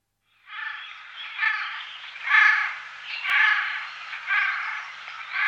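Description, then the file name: Eurasian jay calling with a continuous harsh, rasping screech that swells in pulses about once a second. "sojka-obecná"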